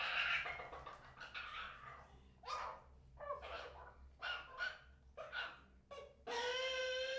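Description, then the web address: Bird calls, rough raspy squawks repeated at irregular intervals, closing with a loud sustained harmonic cry. Jungle bird. "KMP Film Video Sound Effects. Junglebird"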